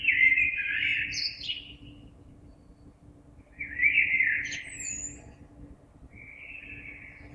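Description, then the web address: Common blackbird delivering two fluty warbled phrases, each closing with a thin high squeak, followed by a quieter third phrase. Recorded 26 April 2022. "oiseaux Merle 2022 04 26"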